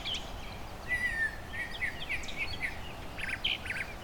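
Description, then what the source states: Brown Thrasher mimicry song, separate varied whistled and chirpy phrases with short gaps, including a drawn-out slightly falling whistle, over steady low background noise. Mimicry song, each imitated phrase held longer than a mockingbird's, slower tempo with gaps between bouts; parkland meadow with shrubs and tall song trees, Long Point Provincial Park, spring, end of migration.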